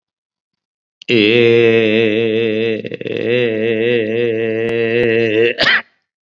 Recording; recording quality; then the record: sustained vowel as in made; excellent, no background noise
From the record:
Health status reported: COVID-19 positive, moderate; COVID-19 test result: positive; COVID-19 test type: rapid antigen test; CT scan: not taken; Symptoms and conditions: cough, sore throat, fever, hypertension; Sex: male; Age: 55 years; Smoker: no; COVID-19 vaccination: both doses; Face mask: worn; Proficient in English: yes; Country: India